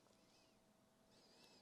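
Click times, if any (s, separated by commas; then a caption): none. A plastic wheel hex is being pushed back onto an RC truck axle by hand. Only a steady, low background hiss and faint handling noise are heard, with no sharp sounds. Nothing has seated or clicked yet; the hex has not snapped into place.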